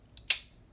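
The top and bottom plastic halves of the hub of a Wild Birds Unlimited Eliminator squirrel-proof bird feeder are lined up by their paint marks and pressed together. After a faint tick, a sharp, bright, high-pitched snap comes at 0.3 s and fades over about two tenths of a second. The two halves snap together and are seated.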